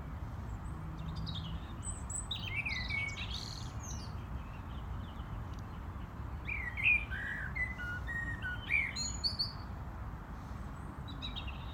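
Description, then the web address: European robin song: soft, varied phrases of high thin whistles and warbled trills, broken by short pauses, over constant low background noise. "rotkehlchen"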